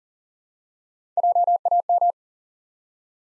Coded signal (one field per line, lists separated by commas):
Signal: Morse code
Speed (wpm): 36 wpm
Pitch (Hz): 700 Hz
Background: none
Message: JAM